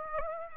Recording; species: mosquito wingbeat signal from an infrared sensor; Aedes aegypti